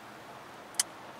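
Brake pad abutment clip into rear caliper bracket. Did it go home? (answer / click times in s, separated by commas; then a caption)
yes / 0.8 s. A metal anti-rattle abutment clip for the brake pads is pressed into the cleaned rear caliper bracket of a 2006 Subaru Forester. The clip is good-quality hardware with claws that lock it in place. Against a steady low background, one sharp, bright click at 0.8 s shows the clip snapping fully into the bracket.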